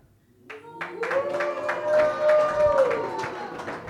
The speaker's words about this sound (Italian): Gli applausi, fate gli applausi col pubblico, si capisce più.